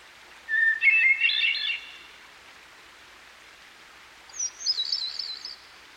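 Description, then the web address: Hermit thrush delivering two song phrases, the first pitched low and the second much higher, each a held whistle dissolving into bell-like trills, with a background stream hiss. Singing by a stream. "Dan Gibson Songbirds By The Stream. Hermit Thrush"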